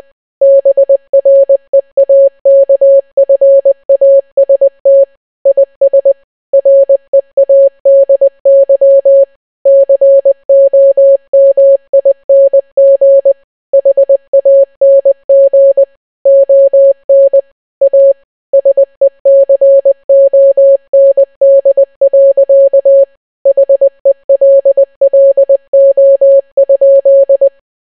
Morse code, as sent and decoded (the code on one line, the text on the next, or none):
-... .-. . .- -.- ..-. .- ... - / .. ... / .-. . .- -.. -.-- / -.-. --- -- .. -. --. / .... .- -. --. / --- -. / .- / ... . -.-. --- -. -.. .-.-.- / .... . .-.. .-.. --- ..--..
BREAKFAST IS READY COMING HANG ON A SECOND. HELLO?